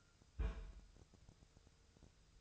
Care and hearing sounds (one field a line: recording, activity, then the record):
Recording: daily activity, microphone in the room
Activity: place on stove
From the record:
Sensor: 2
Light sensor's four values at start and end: 6/15/6/6 and 6/15/6/6